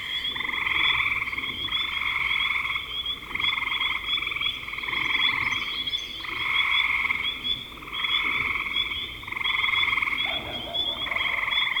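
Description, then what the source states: Frog chorus with pulsed trills surging and easing in waves, many callers overlapping. Spring 2025.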